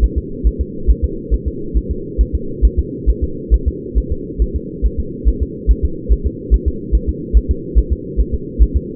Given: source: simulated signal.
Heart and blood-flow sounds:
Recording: fetal heart sounds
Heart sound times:
0.04 s: S1
0.18 s: S2
0.47 s: S1
0.61 s: S2
0.90 s: S1
1.04 s: S2
1.34 s: S1
1.48 s: S2
1.77 s: S1
1.91 s: S2
2.21 s: S1
2.35 s: S2
2.65 s: S1
2.79 s: S2
3.10 s: S1
3.24 s: S2
3.54 s: S1
3.68 s: S2
3.98 s: S1
4.12 s: S2
4.42 s: S1
4.56 s: S2
4.86 s: S1
5.00 s: S2
5.29 s: S1
5.42 s: S2
5.71 s: S1
5.85 s: S2
6.12 s: S1
6.26 s: S2
6.54 s: S1
6.68 s: S2
6.95 s: S1
7.09 s: S2
7.37 s: S1
7.51 s: S2
7.79 s: S1
7.92 s: S2
8.20 s: S1
8.35 s: S2
8.62 s: S1
8.77 s: S2
From the record:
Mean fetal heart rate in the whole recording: 140 bpm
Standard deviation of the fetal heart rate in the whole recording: 2 bpm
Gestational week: 34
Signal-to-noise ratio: -4.3 dB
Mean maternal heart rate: 72 bpm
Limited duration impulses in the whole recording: absent

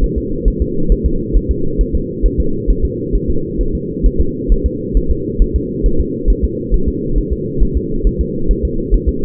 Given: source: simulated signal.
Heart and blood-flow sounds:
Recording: fetal heart sounds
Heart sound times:
0.04 s: S1
0.18 s: S2
0.48 s: S1
0.62 s: S2
0.92 s: S1
1.06 s: S2
1.36 s: S1
1.51 s: S2
1.81 s: S1
1.95 s: S2
2.26 s: S1
2.40 s: S2
2.71 s: S1
2.85 s: S2
3.15 s: S1
3.30 s: S2
3.61 s: S1
3.75 s: S2
4.06 s: S1
4.21 s: S2
4.52 s: S1
4.66 s: S2
4.97 s: S1
5.11 s: S2
5.42 s: S1
5.56 s: S2
5.86 s: S1
6.00 s: S2
6.30 s: S1
6.44 s: S2
6.74 s: S1
6.88 s: S2
7.18 s: S1
7.33 s: S2
7.63 s: S1
7.77 s: S2
8.07 s: S1
8.21 s: S2
8.51 s: S1
8.65 s: S2
8.94 s: S1
9.09 s: S2
From the record:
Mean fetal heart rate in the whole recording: 135 bpm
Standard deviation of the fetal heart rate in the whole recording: 3 bpm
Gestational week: 36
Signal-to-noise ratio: -8.1 dB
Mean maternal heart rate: 72 bpm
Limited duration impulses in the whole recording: absent

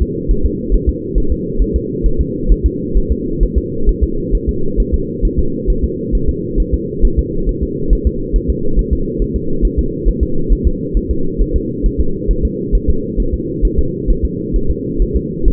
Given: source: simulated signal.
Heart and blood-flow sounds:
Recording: fetal heart sounds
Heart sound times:
0.02 s: S2
0.31 s: S1
0.46 s: S2
0.74 s: S1
0.89 s: S2
1.18 s: S1
1.32 s: S2
1.62 s: S1
1.76 s: S2
2.06 s: S1
2.21 s: S2
2.52 s: S1
2.66 s: S2
2.97 s: S1
3.12 s: S2
3.43 s: S1
3.58 s: S2
3.89 s: S1
4.03 s: S2
4.35 s: S1
4.49 s: S2
4.80 s: S1
4.94 s: S2
5.25 s: S1
5.39 s: S2
5.70 s: S1
5.84 s: S2
6.15 s: S1
6.29 s: S2
6.60 s: S1
6.74 s: S2
7.05 s: S1
7.19 s: S2
7.49 s: S1
7.63 s: S2
7.93 s: S1
8.07 s: S2
8.36 s: S1
8.50 s: S2
8.79 s: S1
8.93 s: S2
9.22 s: S1
9.36 s: S2
9.65 s: S1
9.79 s: S2
10.08 s: S1
10.23 s: S2
10.53 s: S1
10.67 s: S2
10.97 s: S1
11.11 s: S2
11.42 s: S1
11.56 s: S2
11.86 s: S1
12.01 s: S2
12.31 s: S1
12.45 s: S2
12.75 s: S1
12.90 s: S2
13.20 s: S1
13.34 s: S2
13.65 s: S1
13.79 s: S2
14.10 s: S1
14.25 s: S2
14.56 s: S1
14.71 s: S2
15.02 s: S1
15.17 s: S2
15.48 s: S1
From the record:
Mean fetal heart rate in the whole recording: 135 bpm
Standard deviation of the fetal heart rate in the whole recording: 3 bpm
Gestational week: 36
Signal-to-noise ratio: -8.1 dB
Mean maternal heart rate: 72 bpm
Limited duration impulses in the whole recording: absent

